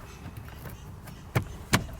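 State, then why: Seated. A plastic access cover over the cabin air filter of a 2019–2024 RAM is pressed onto the HVAC housing behind the glove box, working it to clip on both sides because the filter is slightly bigger. After faint handling rustle, two sharp snaps are heard at 1.4 s and 1.7 s as both side clips lock in. The cover is seated.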